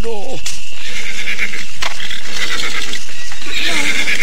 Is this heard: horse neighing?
yes